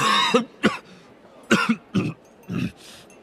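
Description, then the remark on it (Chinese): A person splutters through a series of harsh, choking coughs, pretending to choke on a bread roll, about five or six raspy bursts in two uneven clusters, loud and alone, as if acted out by a voice. “哈利觉得脸上一阵发烧，假装被面包卷呛着了，咳嗽了几声。”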